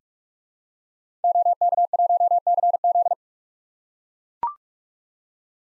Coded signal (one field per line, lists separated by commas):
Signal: Morse code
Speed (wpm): 41 wpm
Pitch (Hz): 700 Hz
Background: none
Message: OK1CZ